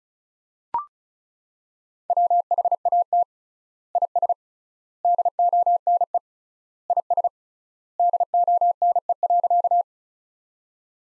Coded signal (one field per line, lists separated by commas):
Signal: Morse code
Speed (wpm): 36 wpm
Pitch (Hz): 700 Hz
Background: none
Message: WHAT IS DONE IS DONE.